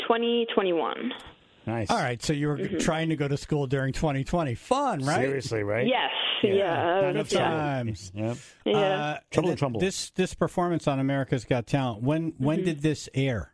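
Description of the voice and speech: An adult radio host speaks fluently and conversationally with a guest in an interview; clear, ordinary speech with brief replies.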